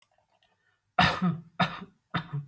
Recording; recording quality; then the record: shallow voluntary cough; excellent, no background noise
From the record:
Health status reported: healthy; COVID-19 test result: negative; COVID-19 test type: RT-PCR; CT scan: not taken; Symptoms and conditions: none ticked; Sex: male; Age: 20 years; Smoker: no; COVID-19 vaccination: both doses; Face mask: worn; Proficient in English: yes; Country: India